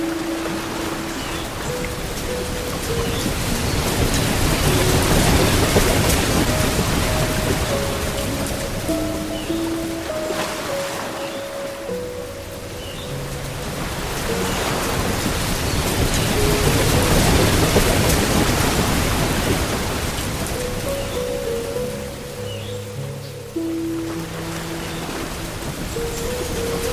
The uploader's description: gentle piano harmonies, healing Solfeggio frequencies, and nature's most comforting sounds